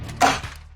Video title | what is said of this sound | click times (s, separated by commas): Adjustable Safety Cage Ladder (Black) Demo - Little Giant Ladders Australia Official | closed rock locks in place and then | 0.2 s